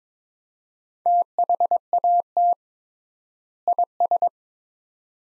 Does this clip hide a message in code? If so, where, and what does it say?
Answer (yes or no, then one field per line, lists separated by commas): yes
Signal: Morse code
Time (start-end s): 1.1-4.3 s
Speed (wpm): 21 wpm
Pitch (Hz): 700 Hz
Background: none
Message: THAT IS